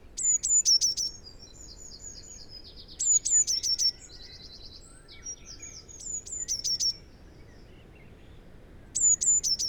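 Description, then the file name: Eurasian blue tit song of high clear notes dropping into a quick ringing trill, given four times, with buzzy trills and chatter in between. "Cyanistes caeruleus"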